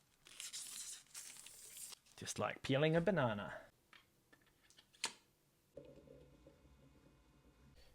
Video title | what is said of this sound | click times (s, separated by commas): ⚔ Darth Maul Lightsaber Review 👹 SO EPIC! | deze messen zijn vergrendeld en geladen, dus laten we zonder verder oponthoud een ontstekingstest uitvoeren. | 5.0 s